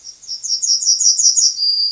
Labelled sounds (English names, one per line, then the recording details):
Yellowhammer song
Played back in grassland
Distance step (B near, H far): B
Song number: 052